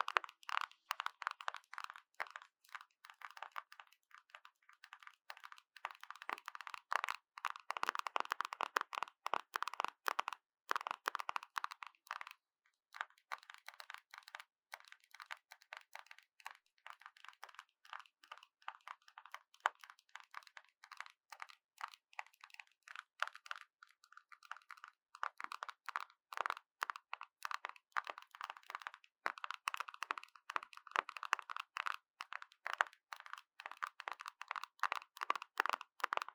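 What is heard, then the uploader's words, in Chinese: Random tapping on whatever objects are at hand, a steady stream of quick, dry knocks and clicks for the whole stretch. The taps are dense and irregular, bright and clattery with little low end, thinning briefly around 12 and 23 seconds before picking up again. 隨機敲敲。Tapping。NO Talking。手邊的東西，拿到啥就敲啥。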